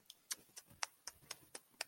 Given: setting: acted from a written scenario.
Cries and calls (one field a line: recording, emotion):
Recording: vocal sound without words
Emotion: disappointment